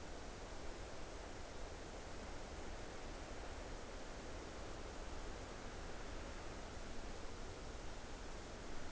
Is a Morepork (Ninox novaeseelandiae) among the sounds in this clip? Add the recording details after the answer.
no. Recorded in New Zealand on 29 April 2014. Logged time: 02:19. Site Ponui